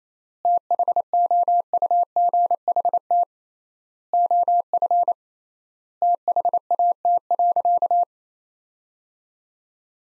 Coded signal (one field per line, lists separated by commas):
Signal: Morse code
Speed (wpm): 28 wpm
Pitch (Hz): 700 Hz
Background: none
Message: THOUGHT OF THAT.